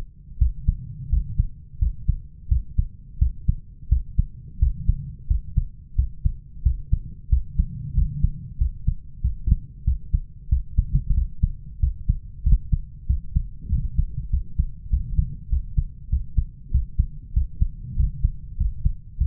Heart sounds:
heart sounds by stethoscope; 93 bpm
0.40 s: heartbeat
1.12 s: heartbeat
1.81 s: heartbeat
2.50 s: heartbeat
3.21 s: heartbeat
3.91 s: heartbeat
4.61 s: heartbeat
5.29 s: heartbeat
5.98 s: heartbeat
6.65 s: heartbeat
7.31 s: heartbeat
7.96 s: heartbeat
8.60 s: heartbeat
9.23 s: heartbeat
9.86 s: heartbeat
10.51 s: heartbeat
11.16 s: heartbeat
11.82 s: heartbeat
12.45 s: heartbeat
13.09 s: heartbeat
13.71 s: heartbeat
14.32 s: heartbeat
14.92 s: heartbeat
15.51 s: heartbeat
16.11 s: heartbeat
16.73 s: heartbeat
17.35 s: heartbeat
17.98 s: heartbeat
18.59 s: heartbeat
19.20 s: heartbeat
From the record:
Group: healthy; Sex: male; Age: 21 years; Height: 175 cm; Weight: 72.6 kg

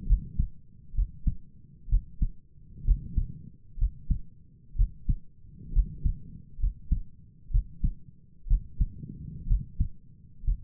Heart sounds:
heart sounds by stethoscope; 64 bpm
0.07 s: heartbeat
0.95 s: heartbeat
1.89 s: heartbeat
2.85 s: heartbeat
3.78 s: heartbeat
4.76 s: heartbeat
5.73 s: heartbeat
6.60 s: heartbeat
7.51 s: heartbeat
8.48 s: heartbeat
9.47 s: heartbeat
10.45 s: heartbeat
From the record:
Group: healthy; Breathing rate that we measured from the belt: 20 breaths a minute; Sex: female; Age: 28 years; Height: 170 cm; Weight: 77 kg

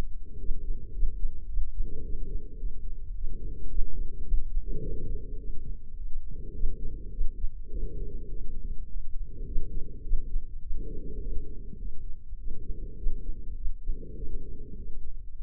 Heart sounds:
heart sounds by microphone in the left ear; 104 bpm
0.40 s: heartbeat
0.95 s: heartbeat
1.49 s: heartbeat
2.04 s: heartbeat
2.59 s: heartbeat
3.15 s: heartbeat
3.71 s: heartbeat
4.26 s: heartbeat
4.81 s: heartbeat
5.38 s: heartbeat
5.96 s: heartbeat
6.55 s: heartbeat
7.13 s: heartbeat
7.71 s: heartbeat
8.29 s: heartbeat
8.88 s: heartbeat
9.47 s: heartbeat
10.05 s: heartbeat
10.63 s: heartbeat
11.20 s: heartbeat
11.79 s: heartbeat
12.38 s: heartbeat
12.98 s: heartbeat
13.57 s: heartbeat
14.16 s: heartbeat
14.76 s: heartbeat
15.37 s: heartbeat
From the record:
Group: healthy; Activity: rest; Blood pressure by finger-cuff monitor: 139/79 mmHg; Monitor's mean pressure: 96 mmHg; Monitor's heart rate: 106 bpm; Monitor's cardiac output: 7.8 L/min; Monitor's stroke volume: 74 mL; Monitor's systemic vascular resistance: 1020 dyn s/cm5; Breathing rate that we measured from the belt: 20 breaths a minute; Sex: female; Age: 43 years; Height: 160 cm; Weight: 90 kg

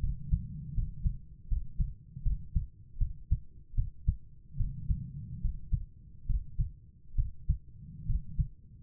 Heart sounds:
heart sounds by stethoscope; 74 bpm
0.74 s: heartbeat
1.47 s: heartbeat
2.22 s: heartbeat
2.97 s: heartbeat
3.74 s: heartbeat
4.56 s: heartbeat
5.41 s: heartbeat
6.26 s: heartbeat
7.15 s: heartbeat
8.05 s: heartbeat
From the record:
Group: healthy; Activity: rest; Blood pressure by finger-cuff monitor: 110/80 mmHg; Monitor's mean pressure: 91 mmHg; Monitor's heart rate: 78 bpm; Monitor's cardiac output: 5.5 L/min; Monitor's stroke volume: 71 mL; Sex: female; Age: 32 years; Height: 172 cm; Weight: 71.7 kg

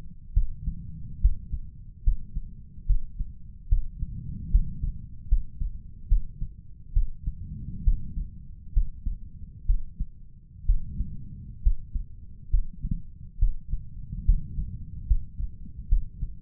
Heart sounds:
heart sounds by stethoscope; 69 bpm
0.33 s: heartbeat
1.21 s: heartbeat
2.04 s: heartbeat
2.86 s: heartbeat
3.69 s: heartbeat
4.51 s: heartbeat
5.28 s: heartbeat
6.08 s: heartbeat
6.93 s: heartbeat
7.84 s: heartbeat
8.73 s: heartbeat
9.66 s: heartbeat
10.66 s: heartbeat
11.62 s: heartbeat
12.50 s: heartbeat
13.39 s: heartbeat
14.25 s: heartbeat
15.07 s: heartbeat
15.88 s: heartbeat
From the record:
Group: healthy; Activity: rest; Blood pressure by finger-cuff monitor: 137/79 mmHg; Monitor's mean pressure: 98 mmHg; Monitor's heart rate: 72 bpm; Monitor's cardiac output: 6 L/min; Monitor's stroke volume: 83 mL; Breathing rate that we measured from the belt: 18 breaths a minute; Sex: male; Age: 35 years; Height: 178 cm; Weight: 64 kg

